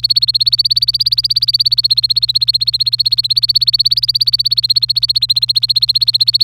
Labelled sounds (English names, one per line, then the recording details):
Domestic Canary song
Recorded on 25 April 2018 at 16:43
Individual llb3